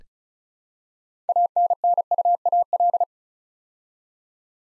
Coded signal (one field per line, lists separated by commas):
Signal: Morse code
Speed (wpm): 36 wpm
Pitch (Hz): 700 Hz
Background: none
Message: ANNUAL